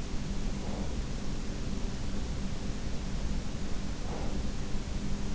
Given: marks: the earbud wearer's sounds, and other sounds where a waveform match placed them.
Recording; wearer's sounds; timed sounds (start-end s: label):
sounds in sleep by an in-ear microphone; breath
0.48-1.23 s: breath
3.82-4.78 s: breath